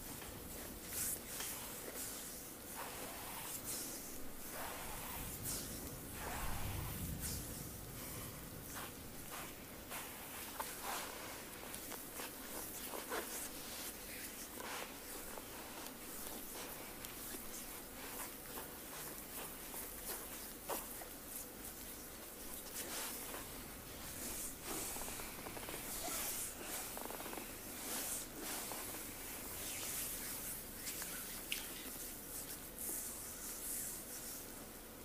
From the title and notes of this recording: ASMR Full Body Sport Massage by ….